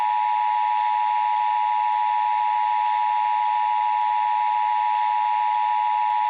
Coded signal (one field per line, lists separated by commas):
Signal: Emergency Alert System (SAME) tones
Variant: 853 and 960 Hz attention tone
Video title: EAS Scenario: The Fire Meteor. (READ DESC) (Christmas Special Replacement)